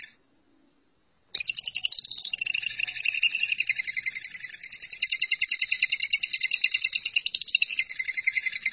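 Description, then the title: Lovebird song, a dense, rapid scratchy chatter starting after a moment of quiet and running on without a break. "BM Suara Burung Lovebird"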